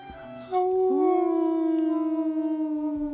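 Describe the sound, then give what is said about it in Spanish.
Radio hosts imitate a wolf's howl at the door of a radio station: one long, sustained cry that swoops upward, then holds a steady, fairly high pitch with a slight waver for about three seconds, loud and alone. “Entretanto, los conductores, imitando el prognatismo de las mencionadas bestias, aúllan en la puerta de la radio en la infructuosa espera de alguna cortesana francesa.”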